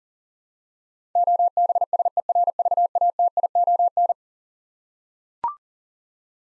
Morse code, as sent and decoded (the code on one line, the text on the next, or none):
--- -... ... . .-. ...- .- - .. --- -.
OBSERVATION